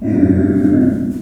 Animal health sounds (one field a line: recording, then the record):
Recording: squeal of a Yucatan mini pig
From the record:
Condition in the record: after surgery on the right vocal fold (resection and tissue-engineered implant)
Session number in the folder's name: 4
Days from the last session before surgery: 26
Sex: female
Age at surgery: 19 weeks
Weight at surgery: 25 kg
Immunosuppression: prednisolone